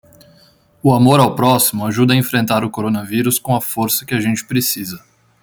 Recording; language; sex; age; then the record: spoken sentence; Brazilian Portuguese; male; 20 to 29 years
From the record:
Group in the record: control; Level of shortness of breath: 0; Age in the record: 23 years